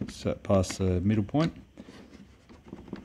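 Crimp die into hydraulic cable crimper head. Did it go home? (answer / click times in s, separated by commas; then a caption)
yes / 3.0 s. A metal crimping die is pushed into the head of a Milwaukee M18 12 Tonne hydraulic cable crimper, past the middle point while the release button is pressed. Someone talks for the first second and a half, followed by quiet handling sounds and faint taps. A small click at 3.0 s marks the die locking into place in the crimper head.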